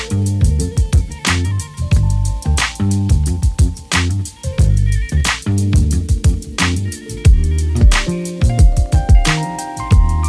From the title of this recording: Lobster Beach